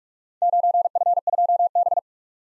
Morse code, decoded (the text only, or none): 9F2B